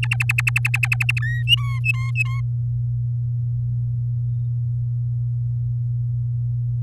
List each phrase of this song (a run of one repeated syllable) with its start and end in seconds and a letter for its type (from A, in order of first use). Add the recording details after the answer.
0.02-1.19 A, 1.20-1.43 B, 1.47-2.40 C. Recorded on 11 May 2018 at 06:22. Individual llb16